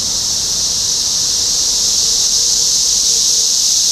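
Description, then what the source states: Cicadas producing a continuous high, hissing drone with no breaks, and a faint low hum underneath. Topeka, Kansas, 14 June 2015.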